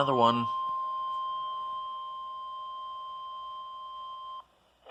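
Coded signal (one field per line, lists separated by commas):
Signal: Emergency Alert System (SAME) tones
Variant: 1050 Hz attention tone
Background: speech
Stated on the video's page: Severe Thunderstorm Warning, Indiana, received from weather radio station.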